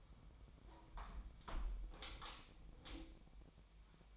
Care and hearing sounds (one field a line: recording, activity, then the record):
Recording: daily activity, microphone in the room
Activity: close window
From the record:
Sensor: 1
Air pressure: 1006.6 hPa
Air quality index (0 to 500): 211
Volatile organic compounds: 25 ppm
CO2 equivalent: 2837 ppm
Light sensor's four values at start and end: 12/31/12/14 and 12/31/12/14